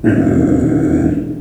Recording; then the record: squeal of a Yucatan mini pig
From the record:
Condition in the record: after surgery on the right vocal fold (resection and tissue-engineered implant); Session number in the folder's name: 3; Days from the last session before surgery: 21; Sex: female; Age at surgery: 19 weeks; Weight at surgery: 25 kg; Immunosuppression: prednisolone